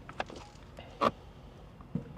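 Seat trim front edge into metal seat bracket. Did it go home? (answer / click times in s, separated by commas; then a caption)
yes / 1.1 s. On a Porsche 957 Cayenne, the front edge of the seat trim piece is pressed into the newly installed metal fire extinguisher seat bracket. After a few light handling taps, a sharp clip snaps at 1.1 s, and a soft thud follows near 1.9 s. The trim is clipped in and seated.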